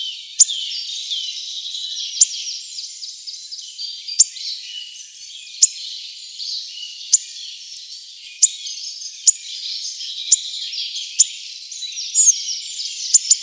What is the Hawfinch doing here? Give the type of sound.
song